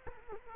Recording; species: mosquito wingbeat signal from an infrared sensor; Culex quinquefasciatus